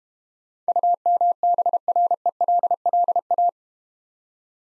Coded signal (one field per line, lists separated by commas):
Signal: Morse code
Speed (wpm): 32 wpm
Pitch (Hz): 700 Hz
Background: none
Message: UMBRELLA